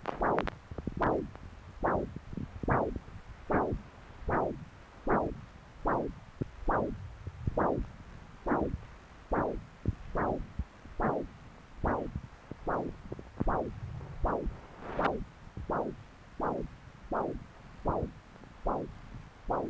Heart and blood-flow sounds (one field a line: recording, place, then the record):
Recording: Doppler ultrasound of blood flow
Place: right subclavian vein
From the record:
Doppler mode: continuous wave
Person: adult scuba diver, at rest before a dive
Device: O'Dive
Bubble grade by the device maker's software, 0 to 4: 0